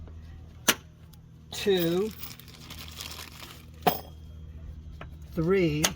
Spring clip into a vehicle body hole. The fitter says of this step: snap to know that they're in tight